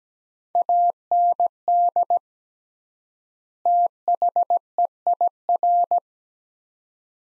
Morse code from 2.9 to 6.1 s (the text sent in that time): THEIR